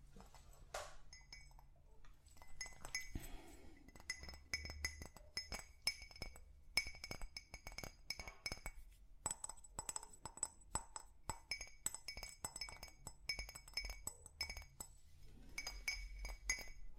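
Tapping on different objects, a steady run of quick, sharp taps with bright, ringing glassy clinks. The strikes come irregularly, several per second, some in quick clusters, with brief pauses near the start and end. A low rumble sits underneath throughout.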